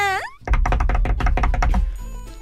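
A rapid, steady burst of about ten loud knocks on a door by someone outside follows a brief rising tonal swoop, then the knocking stops and a low hum lingers.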